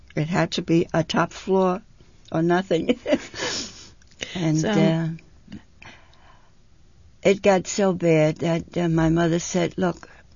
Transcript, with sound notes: It had to be a top floor or nothing. ( she laughs ) And it got so bad that my mother said, "Look."